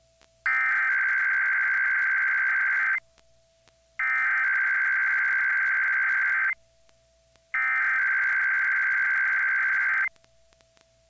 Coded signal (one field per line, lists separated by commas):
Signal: Emergency Alert System (SAME) tones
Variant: header bursts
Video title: IPAWS Required Weekly Test on 104.5 KBEF. (EAS #3,646)